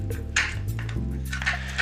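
A new plastic center brush for a brand-new Pentair Kreepy Krauly Great White suction pool cleaner is lined up in its keyed slot and pushed down, resisting at first, over a steady low hum. A sharp click at 0.4 s marks the brush clipping into place, followed by fainter taps around 1.3 and 1.4 s. The brush is seated in the cleaner body.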